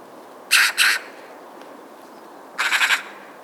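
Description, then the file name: Eurasian magpie giving harsh, rasping calls: two short grating notes close together, a pause of over a second, then a quick rattling burst of four pulses. "Pica pica"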